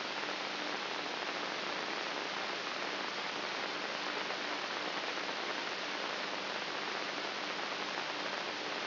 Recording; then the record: brain microelectrode recording played as sound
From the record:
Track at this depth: inside the subthalamic nucleus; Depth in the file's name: 5.64 mm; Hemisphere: right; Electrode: 3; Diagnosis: Parkinson's disease